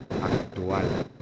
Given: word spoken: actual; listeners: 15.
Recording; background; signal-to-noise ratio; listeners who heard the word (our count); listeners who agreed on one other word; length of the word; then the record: one Spanish word in noise, from a listening test; noise modulated by three-talker babble; -3.8 dB; 1 of 15; 13 of 15; 0.82 s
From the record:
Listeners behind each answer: 13, 1, 1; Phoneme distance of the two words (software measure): 10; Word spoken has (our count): 2 syllables, 6 phonemes, stress on syllable 2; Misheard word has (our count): 2 syllables, 6 phonemes, stress on syllable 2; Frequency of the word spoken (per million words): 188.24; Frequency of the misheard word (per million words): 50.53